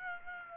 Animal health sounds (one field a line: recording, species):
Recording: mosquito wingbeat signal from an infrared sensor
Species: Aedes aegypti